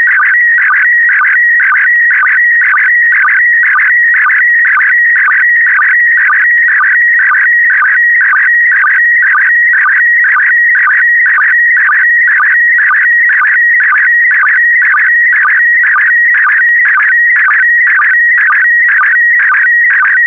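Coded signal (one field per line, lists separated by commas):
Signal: SSTV (slow-scan television)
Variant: PD120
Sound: warbling, chirping tone shifting pitch steadily, with rhythmic low blips about twice a second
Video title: (06 of 12) ARISS 20 Years - Series 7 July 2017 - Retransmission SSTV PD120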